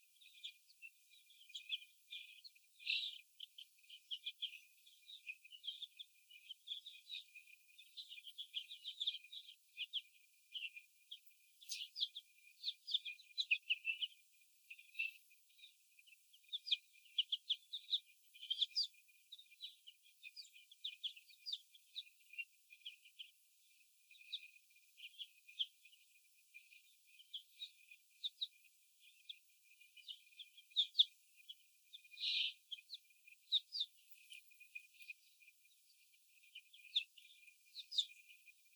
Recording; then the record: young laying hens in a cage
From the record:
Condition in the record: before the stressor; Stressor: sudden umbrella opening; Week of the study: 2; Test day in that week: 1